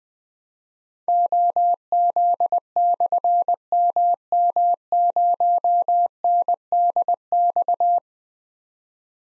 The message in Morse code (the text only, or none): OZ/MM0NDX